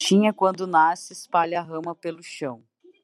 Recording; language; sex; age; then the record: short text; Brazilian Portuguese; female; 30 to 39 years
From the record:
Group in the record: control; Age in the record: 36 years